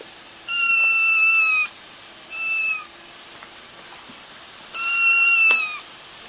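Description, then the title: Domestic cat meowing: two long level meows and one short one, each with rich harmonics, over a quiet steady background hum. The recordist's own cat. "kucingku"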